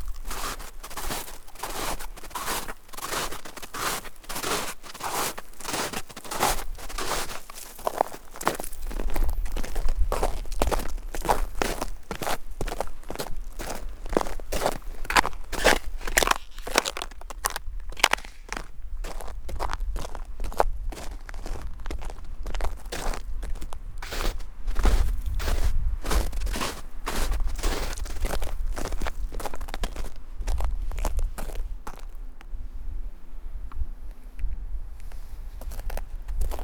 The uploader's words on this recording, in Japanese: お散歩道の自然の音。